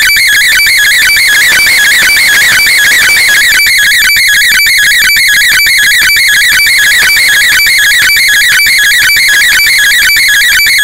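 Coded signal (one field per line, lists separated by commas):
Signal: weather fax (radiofax)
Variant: 120 lines per minute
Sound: warbling tone repeating a rhythmic pattern twice a second, steady and machine-like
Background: radio static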